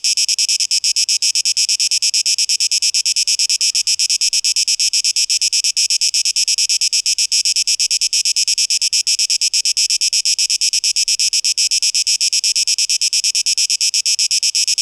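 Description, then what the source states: Shrill cicada song, a dense buzzing throb of rapid pulses holding steady in level from start to finish. 12 August 2023.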